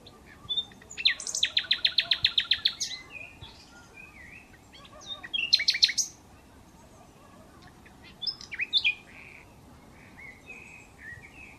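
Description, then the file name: Common nightingale song: loud, rapid burst of repeated hard notes for about two seconds, then short whistles, another quick rattling burst and varied chirped phrases. "Luscinia megarhynchos"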